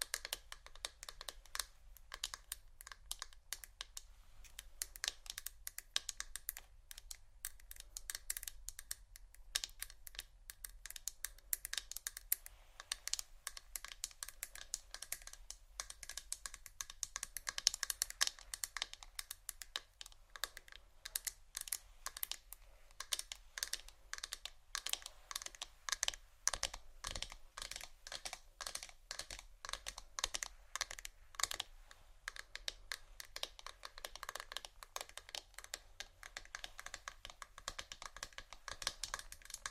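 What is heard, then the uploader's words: Dense, fast tapping and scratching on vinyl and plastic, with crinkles and bristle sounds, a steady stream of bright clicks throughout. Vinyl,plastic,bristles,tap,crinkle,scratching,glass,etc.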